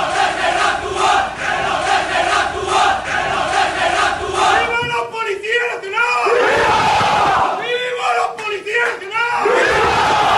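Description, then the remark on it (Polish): A crowd of Spanish police officers sent by Madrid, at a hotel in Catalonia surrounded by protesters, chants slogans in unison such as "let us act" and "long live the police", loud rhythmic shouted phrases repeating with brief pauses between them, voices blending into a roaring collective cry. “Ci odpowiedzieli hasłami: niech tylko pozwolą nam działać i niech żyje policja.”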